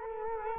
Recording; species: mosquito wingbeat signal from an infrared sensor; Culex quinquefasciatus